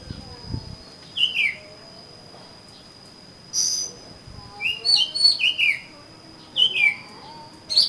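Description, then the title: Oriental magpie-robin song with scattered bright slurred whistles and short chips over a steady thin high whine and faint background noise. "suara kacer"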